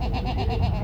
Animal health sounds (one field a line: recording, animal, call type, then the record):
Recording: contact call of a hoofed animal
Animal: goat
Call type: low-frequency (closed-mouth) or high-frequency (open-mouth) call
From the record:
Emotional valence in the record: negative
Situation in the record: short social isolation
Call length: 0.83 s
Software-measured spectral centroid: 1480 Hz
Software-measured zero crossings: 780 a second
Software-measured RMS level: -24 dBFS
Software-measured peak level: -12 dBFS